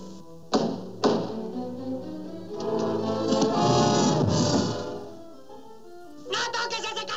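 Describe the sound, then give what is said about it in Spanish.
Two sharp, solid knocks on a door from a uniformed messenger delivering a telegram sound in quick succession, followed by a voice talking. A flurry of lighter tapping comes at the end. “Watson, en un momento vendrán a tocar la puerta trayéndonos información para descubrir el misterio del destripador Manso.”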